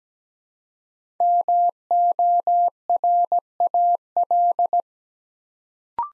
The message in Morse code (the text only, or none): MORAL